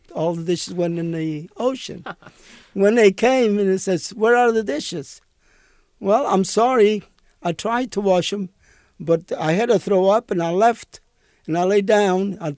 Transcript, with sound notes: All the dishes went in the ocean. (laughs) When they came and they says, "Where are the dishes?" "Well, I'm sorry. I tried to wash them, but I had to throw up and I left, and I laid down.